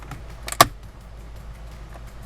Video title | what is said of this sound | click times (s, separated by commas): Regulating EVERYTHING On My FREE BMW 528i... E39 Window Regulators Are Easy, REGULATING Is a Skill | that was a satisfying click | 0.6 s